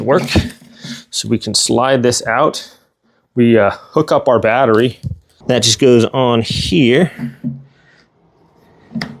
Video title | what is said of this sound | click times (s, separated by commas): I Replaced My Lawn Mower With a Robot… Was It a Huge Mistake? - Lymow One Plus Review | that turns and locks it on there. | 9.0 s